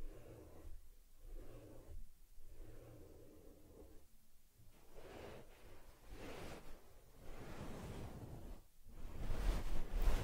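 Soft rubbing and brushing over a teddy bear's fur, in swishing passes broken by brief pauses every one to two seconds. After about six seconds the strokes turn brighter and scratchier, growing louder toward the end.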